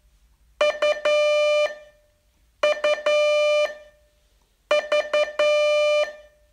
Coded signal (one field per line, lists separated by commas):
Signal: Morse code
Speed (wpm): 10 wpm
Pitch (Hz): 600 Hz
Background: none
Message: U U V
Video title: Learn Morse in 42 Days from VU2LAU - day 38